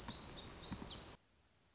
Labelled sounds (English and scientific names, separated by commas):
Black-throated Gray Warbler (Setophaga nigrescens)